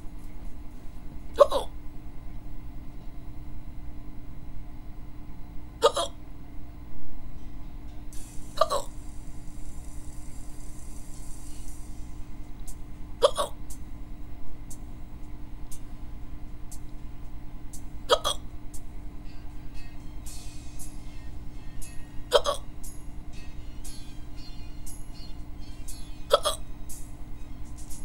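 An adult hiccuping repeatedly, seven sharp hiccups about every four to five seconds, over a steady low background hum.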